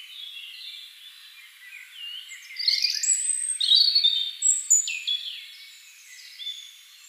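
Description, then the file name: European robin song: soft high notes lead into a fast, sparkling run of thin whistles and trills, then a few wavering notes fading out. "Erithacus rubecula"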